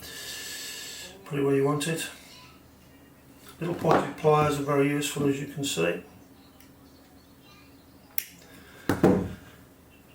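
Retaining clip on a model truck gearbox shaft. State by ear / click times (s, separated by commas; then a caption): partly seated / 8.2 s. Someone talks while pocket pliers press a small metal retaining clip onto the plastic gearbox shaft of an Arocs tipper model truck. A sharp click sounds at 8.2 s, followed by a few more short knocks around 8.9–9.0 s. The clip ends up only half seated.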